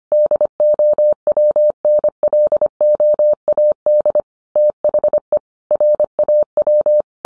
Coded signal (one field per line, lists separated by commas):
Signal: Morse code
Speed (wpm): 25 wpm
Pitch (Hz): 600 Hz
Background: none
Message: DOWNLOAD THE RAW